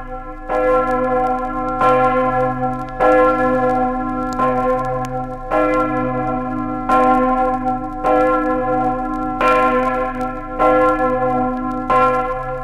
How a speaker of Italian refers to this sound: Ne sia conferma la campana maggiore della pieve di Corto.